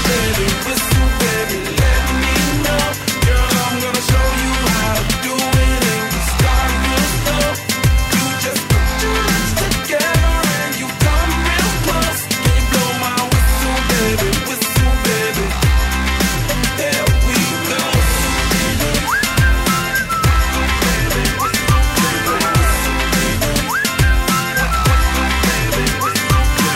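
A loud, steady pop track with a punchy bass beat, driven by a bright, high whistled melody that repeats as the hook over dense backing, with no talking, played on Kiss FM radio.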